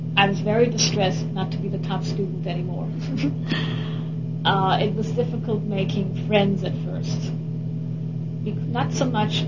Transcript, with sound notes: I was very distressed not to be the top student anymore. (laughs) It was difficult making friends at first. Not so much,